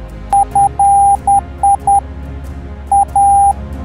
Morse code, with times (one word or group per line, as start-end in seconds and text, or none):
0.3-2.0 FI
2.9-3.5 A